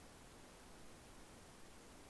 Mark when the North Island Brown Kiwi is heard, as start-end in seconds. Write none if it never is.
none